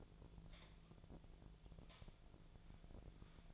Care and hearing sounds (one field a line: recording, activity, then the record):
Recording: daily activity, microphone in the room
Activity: light on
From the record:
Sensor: 5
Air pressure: 1009.8 hPa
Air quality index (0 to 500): 158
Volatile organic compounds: 4 ppm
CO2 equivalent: 1543 ppm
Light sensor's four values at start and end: 157/399/167/178 and 157/401/167/178